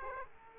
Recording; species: mosquito wingbeat signal from an infrared sensor; Aedes aegypti